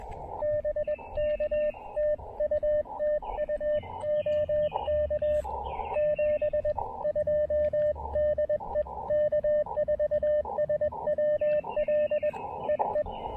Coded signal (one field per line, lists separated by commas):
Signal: Morse code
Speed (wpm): 20 wpm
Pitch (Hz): 590 Hz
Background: radio noise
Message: BK TU TU OK 72 DE K4SWL EE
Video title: QRP POTA & SOTA at Monte Sano State Park in Huntsville, Alabama!